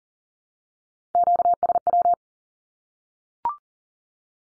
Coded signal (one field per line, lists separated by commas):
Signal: Morse code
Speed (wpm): 42 wpm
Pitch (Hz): 700 Hz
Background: none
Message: QSW